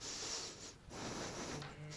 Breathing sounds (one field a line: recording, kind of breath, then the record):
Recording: one breath in and out by a microphone near the nose and mouth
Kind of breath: strong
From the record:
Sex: male